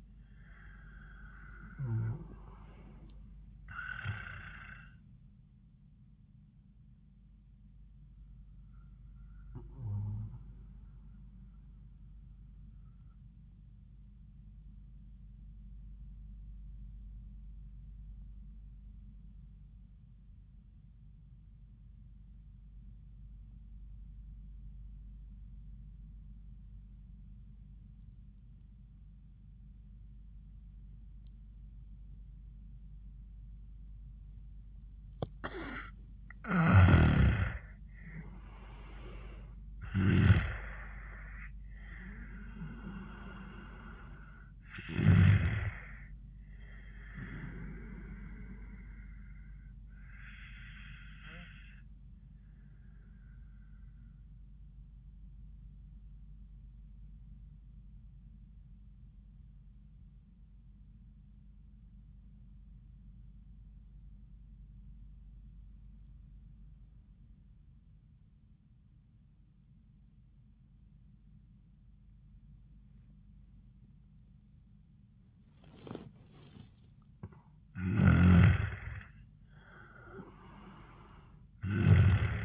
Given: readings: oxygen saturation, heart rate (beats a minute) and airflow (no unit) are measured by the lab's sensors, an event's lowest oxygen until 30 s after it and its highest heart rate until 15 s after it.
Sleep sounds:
breathing in sleep by a smartphone at the bedside; 2
18.00-36.40 s: obstructive apnea (N1, oxygen 98% highest, then 85% lowest, heart rate 91 at the start, 91 highest)
55.00-76.70 s: obstructive apnea (N1, oxygen 97% highest, then 85% lowest, heart rate 83 at the start, 88 highest)
From the record:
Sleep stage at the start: N1 (lightest sleep); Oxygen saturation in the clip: 84 to 98%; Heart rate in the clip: 79 to 91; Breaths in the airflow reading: 7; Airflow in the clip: -18.5 to 12.3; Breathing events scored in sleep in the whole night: 400 in 8.7 hours asleep

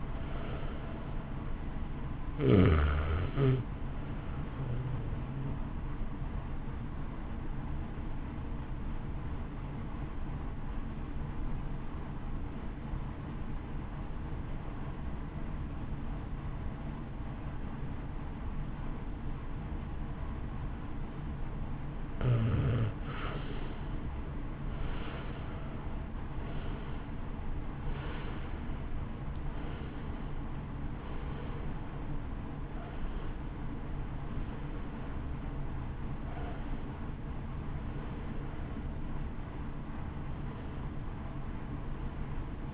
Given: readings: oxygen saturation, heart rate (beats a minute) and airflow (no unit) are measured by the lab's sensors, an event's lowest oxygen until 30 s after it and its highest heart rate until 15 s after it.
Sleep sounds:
breathing in sleep by a smartphone at the bedside; 1
9.00-22.40 s: obstructive apnea (N1, oxygen 93% highest, then 85% lowest)
From the record:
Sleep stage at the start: N1 (lightest sleep); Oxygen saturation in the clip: 85 to 93%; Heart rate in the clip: 55 to 63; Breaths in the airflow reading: 11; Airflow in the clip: -0.8 to 1.4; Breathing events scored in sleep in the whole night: 328 in 6.3 hours asleep

